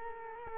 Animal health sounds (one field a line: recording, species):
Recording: mosquito wingbeat signal from an infrared sensor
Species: Culex quinquefasciatus